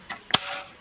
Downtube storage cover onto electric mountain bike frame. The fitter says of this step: put whatever you want in here jacket beers burrito and that just snaps into place just like the motor so